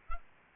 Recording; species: mosquito wingbeat signal from an infrared sensor; Aedes albopictus